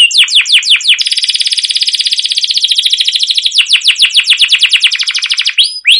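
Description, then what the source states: Canary singing a long rolling trill: a few quick descending notes, then a very fast buzzy trill held for several seconds, ending in sweeping repeated notes. Long rolling 'cuit cuit' song, used as a lure recording to prompt other canaries to sing.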